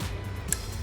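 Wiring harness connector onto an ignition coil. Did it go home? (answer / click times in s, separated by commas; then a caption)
yes / 0.5 s. A wiring harness connector is plugged back onto a red MSD Blaster Series ignition coil, freshly bolted down on a 2012-2016 Jeep Wrangler JK. It seats with a single sharp click at 0.5 s over a steady low background hum.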